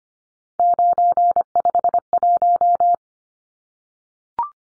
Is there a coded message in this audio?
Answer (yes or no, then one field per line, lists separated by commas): yes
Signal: Morse code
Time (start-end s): 0.6-2.9 s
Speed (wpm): 25 wpm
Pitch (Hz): 700 Hz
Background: none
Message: 951